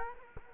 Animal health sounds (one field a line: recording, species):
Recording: mosquito wingbeat signal from an infrared sensor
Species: Culex quinquefasciatus